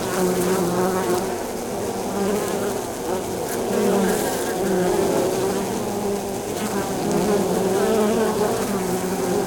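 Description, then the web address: Honey bees droning in a thick, unbroken hum that swells and eases slightly, with passing bees adding brief higher whines. Beehive exterior at the landing zone, recorded very close in stereo. "Sound Holder - Beehive bees hive"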